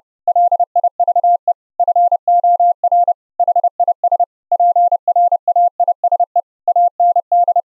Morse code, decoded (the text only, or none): LIVE FOR HIS PRAISE AND